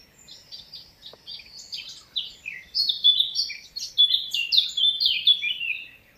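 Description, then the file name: Eurasian blackcap song: a fast, scratchy warbling chatter that grows louder midway, with short varied notes tumbling on for several seconds in a quiet background. "Sylvia atricapilla"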